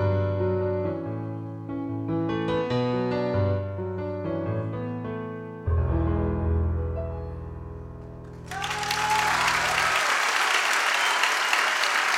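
A sung melody with band accompaniment closes on a sustained chord at a live concert, then loud, dense applause erupts from the audience and continues steadily to the end.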